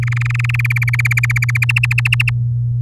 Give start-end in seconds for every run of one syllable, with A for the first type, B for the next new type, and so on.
0.02-0.56 A, 0.59-1.65 B, 1.69-2.30 C